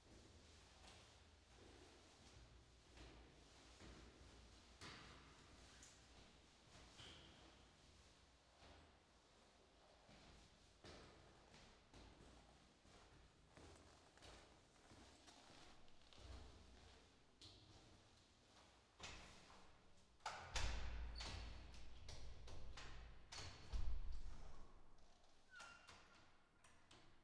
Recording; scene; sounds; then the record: everyday scene through a hearing-aid microphone; reverberant space; background noise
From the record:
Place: staircase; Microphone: in the ear canal, left